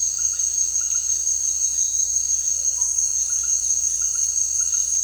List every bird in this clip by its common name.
none